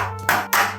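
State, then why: Seated. A metal motherboard I/O shield is pressed into the rear cutout of a PC case, giving two sharp clicks at 0.3 s and 0.5 s over a steady low hum and background music. The clicks mean the shield is fully seated, and leaving it out would let dust in more easily and spoil the look.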